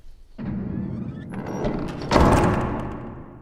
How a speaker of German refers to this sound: Die schwere eicherne Tür fällt hinter dem Staatssekretär in ihr Schloss.